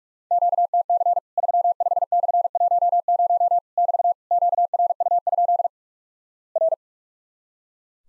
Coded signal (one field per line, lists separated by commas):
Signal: Morse code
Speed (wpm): 44 wpm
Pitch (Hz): 700 Hz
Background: none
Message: QTC 35/10 <BT> QRU? R